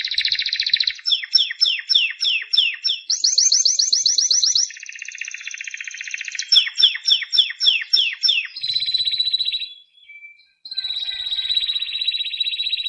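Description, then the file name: Spanish Timbrado canary song of varied rolling trills and repeated down-slurred notes, with fast metallic rattles and a short pause near the end before the trilling resumes. "Canto de canario timbrado"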